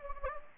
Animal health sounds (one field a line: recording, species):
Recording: mosquito wingbeat signal from an infrared sensor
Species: Anopheles gambiae